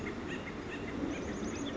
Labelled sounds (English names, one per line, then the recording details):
Acorn Woodpecker
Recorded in Sonoma County, California